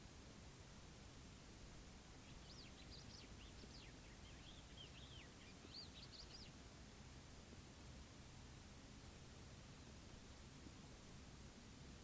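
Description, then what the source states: Bird song: faint, high twittering whistles in the middle few seconds, fast and jumbled, heard through a constant low rushing noise. Morning at a desert camp in Morocco.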